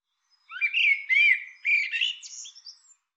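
Bird delivering one flowing, warbled phrase of looping slurred whistles that climbs toward higher, thinner notes at the end.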